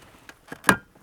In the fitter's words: and you hear that click you're pulling that lever or that uh